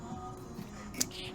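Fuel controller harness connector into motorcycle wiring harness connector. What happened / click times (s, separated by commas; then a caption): The wiring connector snapped home / 1.0 s. A Power Commander fuel controller harness connector is pushed into the OEM wiring connector at the front of a GSXR 1000 motorcycle, with a steady tonal background. A single sharp snap sounds at 1.0 s as the connector seats, and it is then pulled back on to check that it holds.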